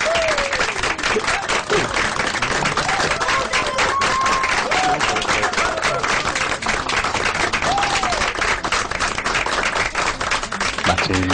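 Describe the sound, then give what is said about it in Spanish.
A dense burst of crowd applause, many hands clapping steadily and loudly for about eleven seconds, with a few faint whoops and voices rising through the noise. “Ya, ¿quieres tener un aplauso?”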